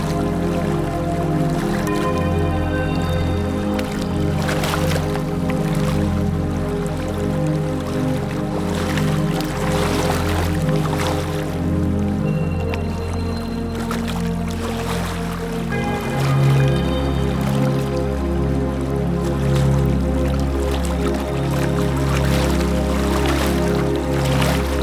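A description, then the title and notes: Ocean waves wash in every few seconds over a steady, low ambient melody of sustained chords that shifts to a deeper tone midway. Ocean waves crushing and flowing + ambient/meditation music. Ocean waves + ambient melody.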